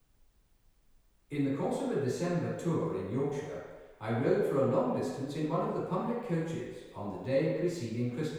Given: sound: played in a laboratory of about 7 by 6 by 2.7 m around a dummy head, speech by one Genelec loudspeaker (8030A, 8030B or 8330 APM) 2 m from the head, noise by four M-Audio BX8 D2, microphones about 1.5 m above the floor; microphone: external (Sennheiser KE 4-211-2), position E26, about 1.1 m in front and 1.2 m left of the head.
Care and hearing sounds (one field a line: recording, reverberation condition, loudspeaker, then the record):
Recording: male speech in English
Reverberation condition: high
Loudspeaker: 90 degrees to the right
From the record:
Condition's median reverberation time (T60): about 1300 ms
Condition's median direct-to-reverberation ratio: about -4.0 dB